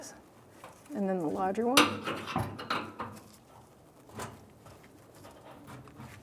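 The larger fuel hose quick-connect fitting is being handled for pushing onto the fuel tank line of a 1992–1996 Ford F-150 during a rear fuel tank vapor valve seal replacement. Someone talks briefly, followed by faint handling noises. Nothing has seated or clicked yet.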